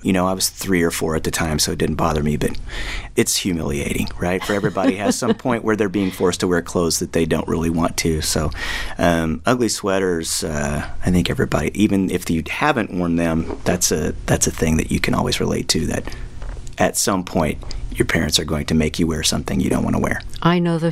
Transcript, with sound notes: And, you know, I was 3 or 4 at the time, so it didn't bother me. But it's humiliating, right?
(Laughter).
For - everybody has some point where they're being forced to wear clothes that they don't really want to. So ugly sweaters, I think, everybody - even if you haven't worn them, that's a thing that you can always relate to - that, at some point, your parents are going to make you wear something you don't want to wear.